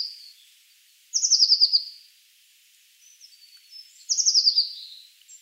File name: Cyanistes caeruleus